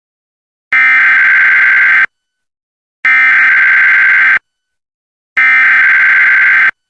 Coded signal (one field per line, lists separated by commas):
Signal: Emergency Alert System (SAME) tones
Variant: header bursts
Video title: EAS #1127: EAS Required Monthly Test- Nov. 5, 2025- 10:14AM PST